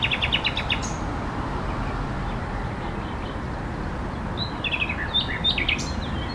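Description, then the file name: Common nightingale song with quick repeated high notes at the start and a few sharp whistled phrases near the end, over a steady low rumble. Recorded at La Vavrette on 14 May 2016 with an MZ-N710 recorder. "MZ-N 710 Rossignol la Vavrette 14 05 16"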